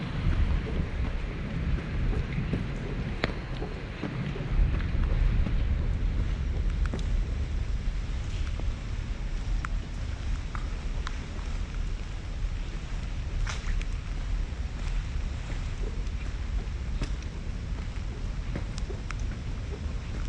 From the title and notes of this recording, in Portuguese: Caminhando na chuva no Central Park em Manhattan Nova York. NYC Nature Rain Sounds ASMR.